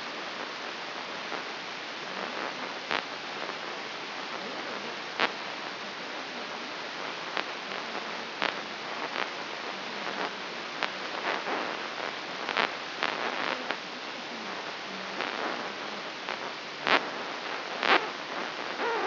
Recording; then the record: brain microelectrode recording played as sound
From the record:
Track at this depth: inside the subthalamic nucleus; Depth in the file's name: 5.513 mm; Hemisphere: left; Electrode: 3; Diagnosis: Parkinson's disease